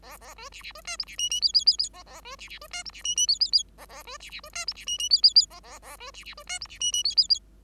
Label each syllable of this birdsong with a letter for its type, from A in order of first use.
A A B C C B D E C F F G G G G A A B C C B D E C F F G G G A A B C C B D E C F F G G G A A A B C C B D E C F F G G G